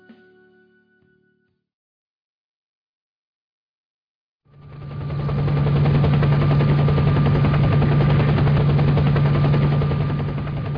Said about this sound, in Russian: Вертолет снизился почти до самой насыпи, подождал, пока мы